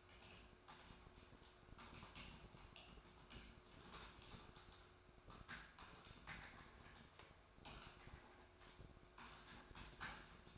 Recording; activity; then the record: daily activity, microphone in the room; typing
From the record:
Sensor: 2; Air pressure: 1004.3 hPa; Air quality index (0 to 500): 188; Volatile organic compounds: 10 ppm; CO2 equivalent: 2250 ppm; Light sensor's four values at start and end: 4/11/4/4 and 4/11/4/4